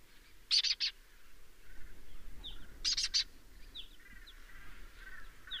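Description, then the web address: Lesser kestrel giving two bursts of three harsh, rasping chattering notes about two seconds apart, with faint higher bird calls in between. "sound Lesser-kestrel. صدای-پرنده-دلیجه-کوچک"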